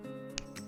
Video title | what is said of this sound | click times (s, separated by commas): Getting Victorian Curb Link Bracelets on Using Heart Lock Clasps - Easy Tutorial | Makes a nice little snap sound. Did you hear it? | 0.4 s